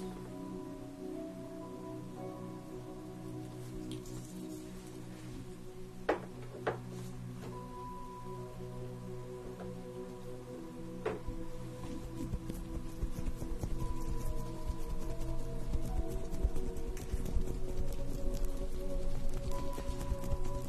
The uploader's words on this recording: Enjoy the sounds of having your facial treatment, with steam, cream, and massage.